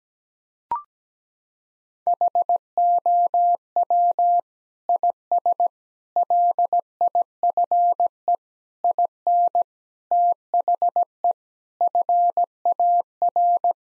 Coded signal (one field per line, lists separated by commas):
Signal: Morse code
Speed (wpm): 17 wpm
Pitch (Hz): 700 Hz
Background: none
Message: HOW IS LIFE IN THE FAR